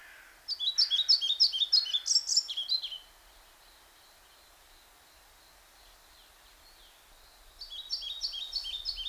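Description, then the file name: European pied flycatcher singing a high, sweet phrase of quick paired notes for about two and a half seconds, a quiet pause, then the phrase starting again near the end. "Мухоловка пеструшка Ficedula hypoleuca"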